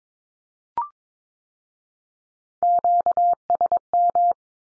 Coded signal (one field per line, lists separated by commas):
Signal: Morse code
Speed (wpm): 22 wpm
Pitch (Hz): 700 Hz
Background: none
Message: QSM